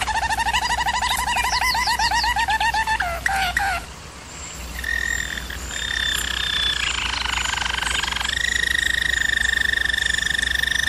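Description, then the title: German Roller canary song with fast pulsed rolls and rising-falling notes, a brief lull, then a long even roll at one pitch; a low hum runs underneath. German Roller canary singing, for canary training. "German Roller Canary Singing - Canary Training Vid"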